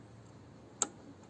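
A spring clip is fitted onto a drive chain master link, with its closed rounded end facing the direction of travel so that anything catching hits the rounded end rather than the opening. A single sharp metallic snap is heard at 0.8 s, and the clip is seated on the link. No one talks in the clip.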